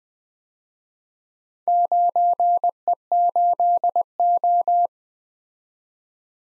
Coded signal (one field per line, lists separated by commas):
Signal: Morse code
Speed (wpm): 21 wpm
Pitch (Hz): 700 Hz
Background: none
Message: 9E8O